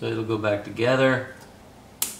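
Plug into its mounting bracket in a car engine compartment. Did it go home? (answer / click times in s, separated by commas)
yes / 2.0 s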